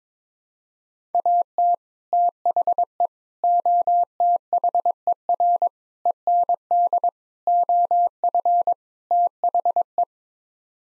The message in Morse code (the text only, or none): AT THE OTHER END OF THE